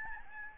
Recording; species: mosquito wingbeat signal from an infrared sensor; Aedes albopictus